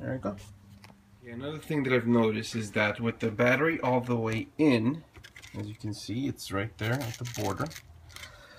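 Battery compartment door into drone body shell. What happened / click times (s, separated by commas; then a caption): The battery door did not close or latch / none. Someone talks while the plastic battery compartment door of a drone body shell is pressed shut with the battery pushed all the way in. A couple of faint taps are heard near the end, but the door will not close or latch, and nothing has clicked into place.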